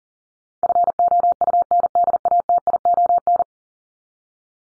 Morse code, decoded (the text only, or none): FOUNDATION